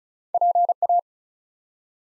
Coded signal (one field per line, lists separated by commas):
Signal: Morse code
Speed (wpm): 36 wpm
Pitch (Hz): 700 Hz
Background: none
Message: PA